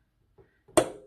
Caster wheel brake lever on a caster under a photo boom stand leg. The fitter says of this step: now these casters lock so just by pushing down here